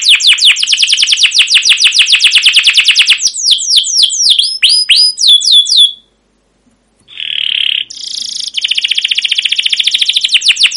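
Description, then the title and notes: Canary song: rapid chirping trill, then slower swooping whistled notes, a short pause, a rough buzz and a renewed fast trill. Chirping 'cuit cuit' song used as a lure (pancingan) and master for training young caged canaries to learn sounds. "CUIT CUIT NGEROL GACOR PANJANG Kenari Pancingan KENAR. PANCINGAN Kenari GACOR PANJANG Cuit CUIT EMOSI MASTERAN Kenari PAUD belajar BUNYI. burung kenari"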